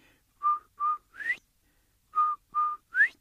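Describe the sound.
A whistled quail call heard way off in the distance, given twice: two short level notes followed by a higher, upward-sliding note, repeated after a pause. Clear and alone with no talking, the whistle imitates the bird's call.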